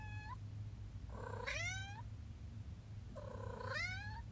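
Cat giving rising, whining meows: the tail of one call, then two drawn-out meows that climb in pitch, with a low background hum throughout.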